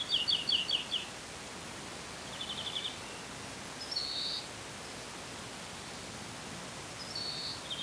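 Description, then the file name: European greenfinch calls: a quick twittering trill at the start, then a fainter trill and two short buzzy notes, with steady faint background hiss. "Chloris chloris"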